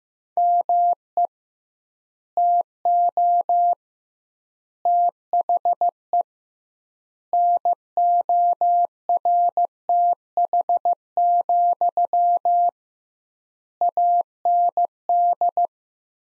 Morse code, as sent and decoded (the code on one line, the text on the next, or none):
-- . / - --- / - .... . / -. --- .-. - .... --..-- / .- -. -..
ME TO THE NORTH, AND